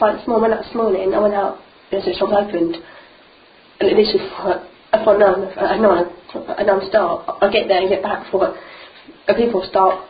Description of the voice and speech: Combined stutter and clutter.